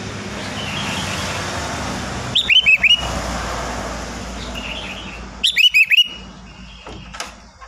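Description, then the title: Sooty-headed bulbul song: two chirpy whistled phrases about three seconds apart, each a fast run of rising and falling notes, with soft background noise. "Kutilang"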